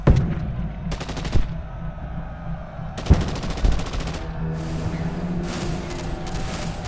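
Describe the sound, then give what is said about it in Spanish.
Bursts of rapid gunfire crackle in dense volleys, broken by sharp heavy artillery booms, over a constant low rumble of battle with no voices. “Los disparos esta vez no hicieron blanco, y precipitadamente los marcianos apuntaron en esa dirección.”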